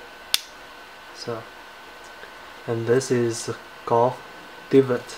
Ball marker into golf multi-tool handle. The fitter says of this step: hear the click right so